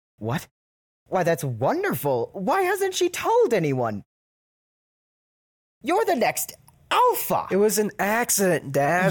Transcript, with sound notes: What? Why, that's wonderful! Why hasn't she told anyone? [LONG PAUSE] You're the next alpha.
It was an accident, dad.